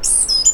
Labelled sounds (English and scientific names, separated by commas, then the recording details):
Stitchbird (Notiomystis cincta) song
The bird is a male
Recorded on Tiritiri Matangi Island, New Zealand, in 2005
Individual 9, of nest box 11